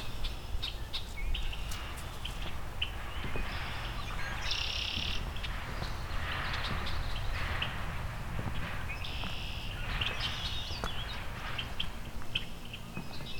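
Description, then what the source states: Red-winged Blackbird calling in a series of buzzy bursts and short check notes over a low steady rumble. Unhappy bird flying around the recordist's head on a boardwalk through a marsh full of red-winged blackbirds.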